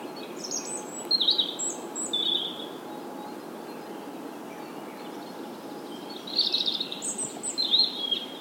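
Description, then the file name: European robin song, high thin warbling phrases early on, a long lull, then further sweet high twitters and trills later, with steady background hiss. "Erithacus rubecula"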